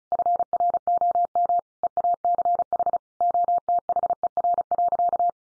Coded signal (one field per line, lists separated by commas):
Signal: Morse code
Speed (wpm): 34 wpm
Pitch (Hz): 700 Hz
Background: none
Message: FROM EACH OTHER.